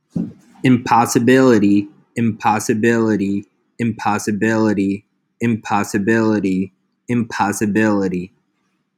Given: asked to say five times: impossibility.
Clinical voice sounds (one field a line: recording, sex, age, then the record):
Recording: repeated word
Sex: male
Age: 30 to 39 years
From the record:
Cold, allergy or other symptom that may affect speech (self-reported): no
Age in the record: 36 years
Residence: New York, United States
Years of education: 18